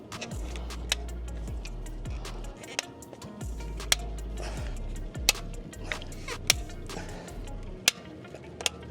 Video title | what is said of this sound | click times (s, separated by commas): Protect Your Tesla's Wheels - Prevent new and hide existing curb rash damage FOREVER! 🤯 | that was actually really easy and then just go around pull on them make sure they all are snapped in place | 0.9 s, 3.9 s, 5.3 s, 6.5 s, 7.9 s